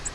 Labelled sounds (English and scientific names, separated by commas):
Virginia's Warbler (Leiothlypis virginiae) flight call